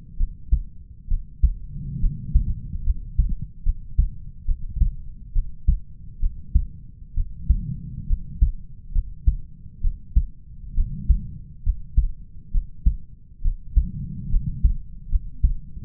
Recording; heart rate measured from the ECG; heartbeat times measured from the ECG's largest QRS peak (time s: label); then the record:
heart sounds by stethoscope; 68 bpm
0.17 s: heartbeat
1.08 s: heartbeat
2.00 s: heartbeat
2.84 s: heartbeat
3.63 s: heartbeat
4.45 s: heartbeat
5.33 s: heartbeat
6.20 s: heartbeat
7.14 s: heartbeat
8.07 s: heartbeat
8.92 s: heartbeat
9.81 s: heartbeat
10.75 s: heartbeat
11.63 s: heartbeat
12.51 s: heartbeat
13.42 s: heartbeat
14.30 s: heartbeat
15.09 s: heartbeat
From the record:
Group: healthy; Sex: male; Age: 20 years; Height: 187 cm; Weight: 68.9 kg